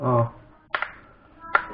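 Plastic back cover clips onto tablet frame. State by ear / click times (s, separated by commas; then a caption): seated / 0.8 s, 1.5 s. Someone talks briefly as the plastic back cover of a Tab 3 tablet, being repaired for a power and black-screen fault, is pressed back onto the tablet frame around the edges. Sharp plastic clicks ring out at 0.8 s and 1.6 s as the clips snap home, and the cover is seated.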